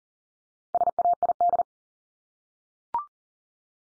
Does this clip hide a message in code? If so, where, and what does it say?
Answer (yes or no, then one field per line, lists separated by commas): yes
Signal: Morse code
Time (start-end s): 0.7-1.6 s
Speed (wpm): 38 wpm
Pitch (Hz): 700 Hz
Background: none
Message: SAID